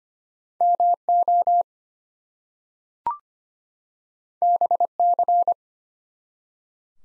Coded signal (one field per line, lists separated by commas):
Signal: Morse code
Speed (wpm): 25 wpm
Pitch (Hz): 700 Hz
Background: none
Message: MO BC